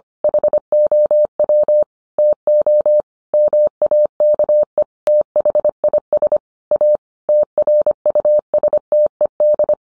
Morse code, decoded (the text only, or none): HOW TO MAKE THIS A TRUSTED